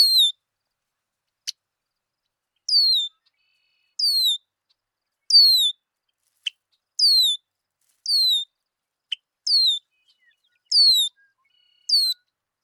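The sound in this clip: Red-winged blackbird giving high, thin, downslurred whistles, repeated about every one to two seconds, with a few sharp clicks in between.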